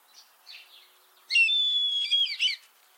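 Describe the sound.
Common starling call, a few soft squeaky notes then a long harsh buzzy rattle with a thin steady whistle running through it.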